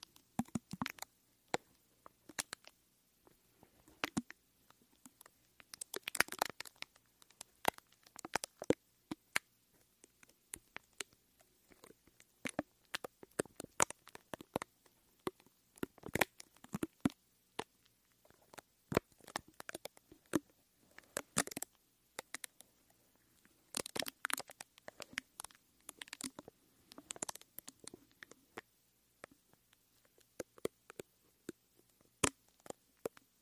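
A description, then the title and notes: Mic brushing and scratching with no talking: dry, crackly scrapes and rubs come in irregular bursts through the whole 33 seconds, often clustered in quick flurries. Brief near-silent gaps separate the busier stretches, and each burst sounds scratchy and bright. ASMR THE ULTIMATE MIC TRIGGER TEST on NEW Blue Yeti Pro (mic brushing, mic scratching, no talking).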